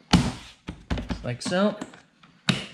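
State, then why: Seated. A plastic windowsill trim piece is pressed back into its clips in the interior of a C7 Corvette, with a sharp knock near the start and someone talking in between. A loud, sharp snap at 2.5 s marks the trim clips seating home.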